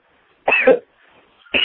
Coughing.